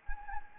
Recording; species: mosquito wingbeat signal from an infrared sensor; Anopheles gambiae